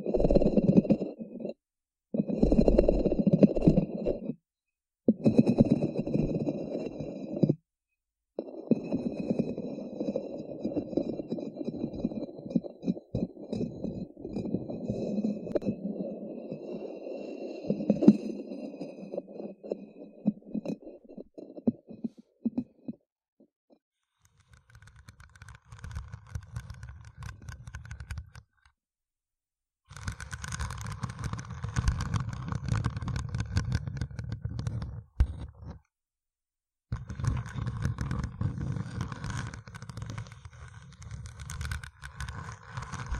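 Deep, dense scratching comes in rubbing bursts with abrupt silent breaks, first low and muffled, then rougher and brighter after about twenty-five seconds.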